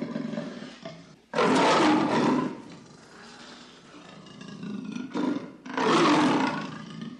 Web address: леопард